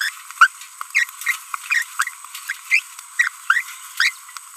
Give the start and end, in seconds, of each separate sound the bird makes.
0.01-0.09, 0.38-0.47, 0.95-1.04, 1.26-1.36, 1.66-1.83, 2.48-2.52, 2.70-2.80, 3.19-3.28, 3.50-3.61, 3.98-4.10